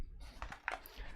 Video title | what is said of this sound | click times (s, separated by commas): INWIN B1 ITX PC Build With 2200G ASRock B550M ITX AC LIVE | So there is the I/O shield inserted. Just clicks into place. | 0.7 s